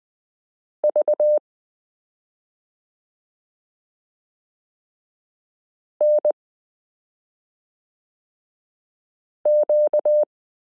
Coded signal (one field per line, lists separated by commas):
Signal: Morse code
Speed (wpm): 20 wpm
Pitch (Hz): 600 Hz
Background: none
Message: VNQ